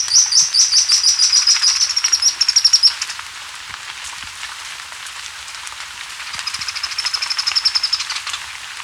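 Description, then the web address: White-browed spinetail giving a high, thin, rapid trill lasting about three seconds, then a quieter second trill after a pause, against faint background hiss. Recorded in Ecuador. "Birds of Ecuador 2. White-Browed Spinetail"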